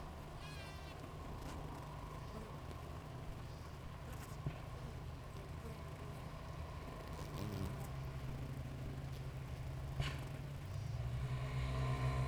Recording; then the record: honeybee colony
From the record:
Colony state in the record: active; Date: 28 July 2017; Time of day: 5:40